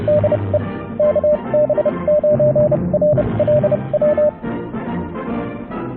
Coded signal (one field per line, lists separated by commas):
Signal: Morse code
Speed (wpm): 30 wpm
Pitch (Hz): 600 Hz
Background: music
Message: DE KB9RLW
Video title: Ham Radio - Make your new QSL card with Inkscape